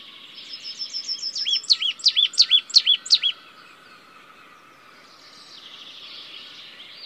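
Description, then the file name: Marsh tit calls: a brisk series of thin high notes leading into several loud, looping two-part notes, then a softer run of notes. "Poecile palustris"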